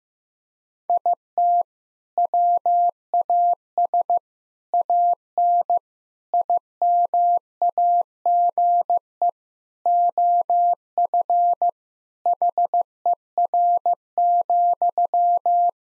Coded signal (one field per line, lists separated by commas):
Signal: Morse code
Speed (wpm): 15 wpm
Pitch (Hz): 700 Hz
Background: none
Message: IT WAS AN IMAGE OF HER,